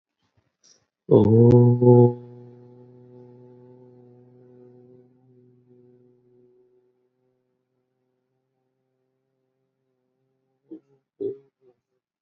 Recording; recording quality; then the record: sustained vowel as in boot; excellent, no background noise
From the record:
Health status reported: exposed to COVID-19, no respiratory illness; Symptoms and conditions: cold, sore throat, fatigue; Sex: male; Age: 27 years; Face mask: not worn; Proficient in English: yes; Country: India